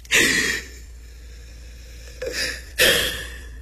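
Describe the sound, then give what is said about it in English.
A deep, audible breath in and out, heard as airy rushes: a loud one at the start, then after a pause a softer breath followed by another strong exhale. No talking. “Come on, let's just breathe. Take a deep breath”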